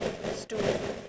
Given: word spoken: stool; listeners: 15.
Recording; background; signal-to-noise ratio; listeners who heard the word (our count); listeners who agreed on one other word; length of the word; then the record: one English word in noise, from a listening test; noise modulated by three-talker babble; -7.2 dB; 1 of 15; 8 of 15; 0.69 s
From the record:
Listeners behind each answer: 8, 4, 2, 1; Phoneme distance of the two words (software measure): 20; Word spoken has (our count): 1 syllable, 4 phonemes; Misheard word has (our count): 1 syllable, 4 phonemes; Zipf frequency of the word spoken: 3.71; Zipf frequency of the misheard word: 4.46